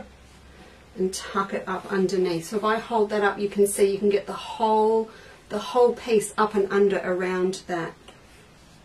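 Fabric is being tucked up under a lampshade's rigid ring with an orange stick while someone talks almost continuously from about 1 second to 8 seconds, with quiet room noise before and after. Nothing has clicked or seated under the ring yet.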